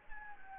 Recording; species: mosquito wingbeat signal from an infrared sensor; Anopheles gambiae